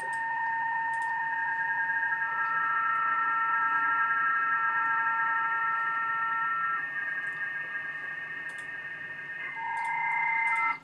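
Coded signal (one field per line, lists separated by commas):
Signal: PSK31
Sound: several overlapping steady warbling tones, like soft continuous whistles, over hiss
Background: radio static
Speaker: of course I've called him this echo alpha 3 okay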